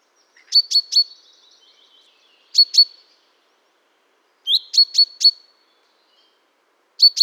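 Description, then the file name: Common chaffinch calling in short bursts of two to four crisp high ticks, some opening with a swept note, bursts spaced about two seconds apart, otherwise silent. "Fringilla coelebs"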